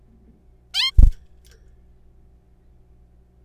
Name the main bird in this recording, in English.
Zebra Finch